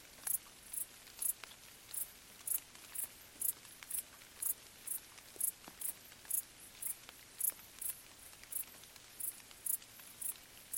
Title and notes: Crickets in gentle summer rain. crickets stridulating late at night whilst gentle summer rain falls on the surrounding vegetation. abandoned railway track in Bad Boll, Baden-Württemberg. Colin Hunter. Music for Sleep